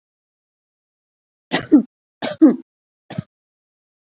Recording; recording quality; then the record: heavy voluntary cough; poor, much background noise or distortion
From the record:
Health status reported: COVID-19 positive, no symptoms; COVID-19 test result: positive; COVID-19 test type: RT-PCR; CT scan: not taken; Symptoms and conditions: cold, fatigue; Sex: female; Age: 26 years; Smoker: no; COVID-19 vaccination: both doses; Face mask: not worn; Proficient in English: yes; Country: India